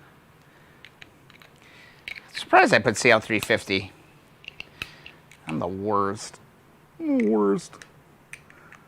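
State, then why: Seated. A second snap-in part is pressed into the assembly of a 1974 Honda CL125 motorcycle. Someone talks over scattered light clicks and taps. The part snaps home easily with a sharp click at 8.3 s.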